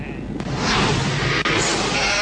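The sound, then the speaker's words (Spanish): A loud, dense chorus of sheep bleating over one another, a continuous noisy wall of overlapping cries with no clear pauses. “Las ovejas se están rebelando.”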